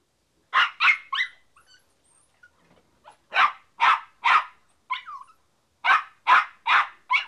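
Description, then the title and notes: Dog barking in bursts of sharp barks, a pause, then more barks with a short higher note among them. "NHK Sound Effects Collection - 3-Frogs, Crickets, Cicadas, Horses, Dogs. NHK効果音集 - 3-カエル・虫・セミ・ウマ・イヌ"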